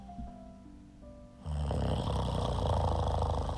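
After a quiet opening with faint tones in the background, a loud, low, rough rattling snore from a sleeping adult man begins about 1.5 seconds in and continues steadily to the end. The fluttering vibration is snoring from the upper airway during sleep.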